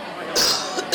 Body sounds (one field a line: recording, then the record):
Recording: coughing mixed with background sound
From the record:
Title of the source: November cold (wet coughing)